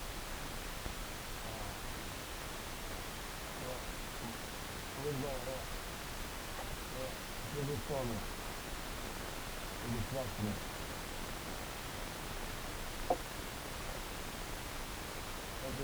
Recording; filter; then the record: brain microelectrode recording played as sound; wide band, above 20 Hz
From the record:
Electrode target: subthalamic nucleus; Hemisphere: left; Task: reaching with the right hand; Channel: 2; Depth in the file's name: 0.251 mm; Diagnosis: Parkinson's disease